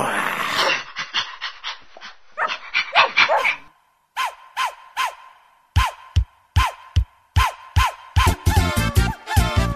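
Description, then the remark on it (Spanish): A puppy yaps in a string of short, high-pitched barks, starting with breathy panting and whimpers, then spaced sharp yips that speed into a rapid, loud flurry at the end. “Un perrito.”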